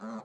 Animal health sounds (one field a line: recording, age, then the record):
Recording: pig call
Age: piglet (1 to 25 days)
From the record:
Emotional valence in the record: negative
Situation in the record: short isolation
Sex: male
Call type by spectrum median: low-frequency call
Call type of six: low-frequency tonal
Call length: 0.24 s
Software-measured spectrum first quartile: 224 Hz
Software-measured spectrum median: 436 Hz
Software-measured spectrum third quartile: 943 Hz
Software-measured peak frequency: 221 Hz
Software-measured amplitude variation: 77 dB a second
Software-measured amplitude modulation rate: 14.3 a second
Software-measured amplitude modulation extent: 5.4 dB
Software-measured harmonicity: 3.3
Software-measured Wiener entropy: -0.55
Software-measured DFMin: 1203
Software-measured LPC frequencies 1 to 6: 1273, 4185, 6152, 7253, 9916, 12214 Hz